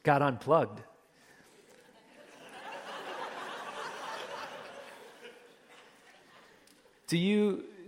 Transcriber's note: laughter!